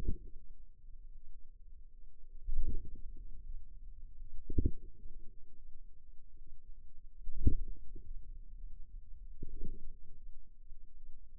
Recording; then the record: forearm muscle sounds (acoustic myography)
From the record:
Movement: inward rotation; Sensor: system 2, bracelet of six BSWA MPA416 microphones around the upper forearm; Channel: 1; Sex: female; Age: 23 years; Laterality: right